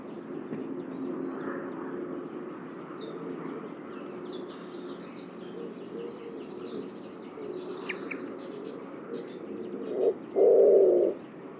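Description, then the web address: Bird: busy background of faint chirps and noise. Near the end a bird gives one low coo: a short note, then a held, hollow tone. "cianscape birddata 2025 Bird Only"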